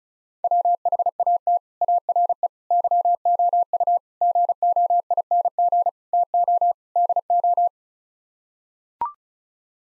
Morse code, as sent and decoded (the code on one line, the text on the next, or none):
.-- .... .- - / .- .-. . / -.-- --- ..- / --. --- .. -. --. / - --- / -.. ---
WHAT ARE YOU GOING TO DO